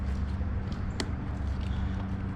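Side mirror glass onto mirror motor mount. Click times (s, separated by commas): 1.0 s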